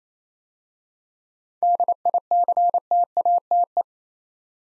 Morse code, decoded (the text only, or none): DICTATE